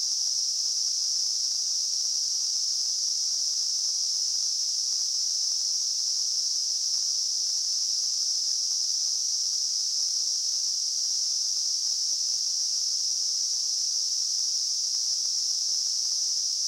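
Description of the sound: A steady, unbroken high-pitched hiss, a narrow band of noise centred around 5 to 6 kHz, holds at even loudness throughout with no low sounds. It is a simulated tinnitus sound, imitating the constant ringing or hissing some people hear in their ears.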